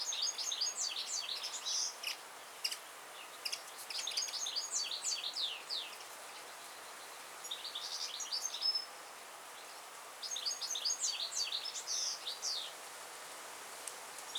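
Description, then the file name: Goldfinch song in several bursts of rapid, tinkling twitters with short buzzy notes, separated by brief pauses, against soft background hiss. "Carduelis carduelis"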